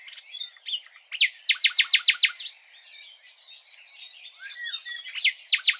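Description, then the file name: Common nightingale song: a loud series of rapid, evenly spaced clicking notes, then softer warbling before the fast notes return. "Luscinia megarhynchos"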